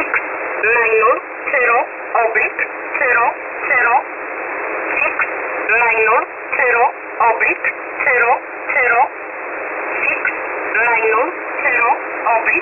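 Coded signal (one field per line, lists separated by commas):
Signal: numbers station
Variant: E11 Oblique, English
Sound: a voice reading short evenly spaced numbers over steady shortwave hiss, repeating a group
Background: radio static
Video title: E11 Oblique 02/10/2023 1045 UTC 10200kHz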